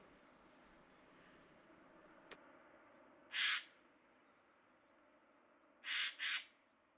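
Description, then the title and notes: Eurasian jay giving harsh rasping screeches, a single call followed about two and a half seconds later by a quick pair, over quiet background hiss. October 2019; jays from northern Europe arriving across the country in large numbers after poor oak fruiting in Scandinavia and probably good breeding; an ambience of varied calls of the species. "sonothèque Fernand DEROUSSEN. Geai des chênes (Garrulus glandarius)"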